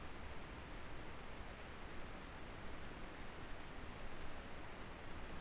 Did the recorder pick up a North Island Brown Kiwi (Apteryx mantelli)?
no